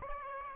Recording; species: mosquito wingbeat signal from an infrared sensor; Aedes aegypti